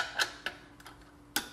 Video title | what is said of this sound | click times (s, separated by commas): Tutorial 2: Installing Wheels 2008 CBR600RR | right away let me do that again here this one clicks right away so | 1.4 s